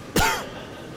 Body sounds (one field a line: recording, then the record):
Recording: coughing mixed with background sound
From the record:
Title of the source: Coughing 51